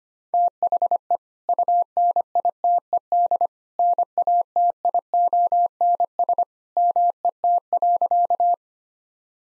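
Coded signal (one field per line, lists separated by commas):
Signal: Morse code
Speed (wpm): 25 wpm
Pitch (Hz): 700 Hz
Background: none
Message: THE UNITED NATIONS MET.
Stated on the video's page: 25 wpm Morse head-copy drill of sentences built on common two-word phrases; each is sent, spoken, then sent again.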